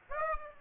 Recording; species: mosquito wingbeat signal from an infrared sensor; Aedes aegypti